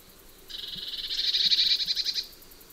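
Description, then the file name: Eurasian blue tit giving one buzzy rattle that starts softly and swells louder, lasting under two seconds. "Cyanistes caeruleus"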